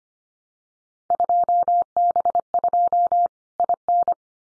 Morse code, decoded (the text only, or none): 2B2 IN